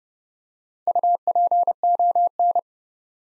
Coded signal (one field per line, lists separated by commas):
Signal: Morse code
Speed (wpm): 31 wpm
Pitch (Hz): 700 Hz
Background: none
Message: UPON